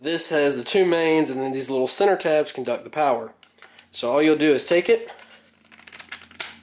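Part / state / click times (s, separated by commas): plastic toy train track section joined to the next section / seated / 6.4 s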